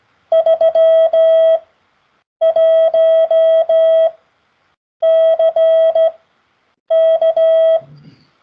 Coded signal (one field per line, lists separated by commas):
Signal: Morse code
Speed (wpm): 15 wpm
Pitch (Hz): 650 Hz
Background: none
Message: 31CK